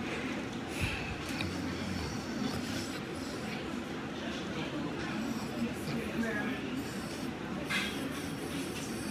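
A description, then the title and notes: Emergency room ambience: a dense, steady wash of overlapping voices over a constant low rumble. Brief bright clatters and knocks break through now and then, near the start, around two and a half seconds, and again near the end. More ER ambience from Thursday.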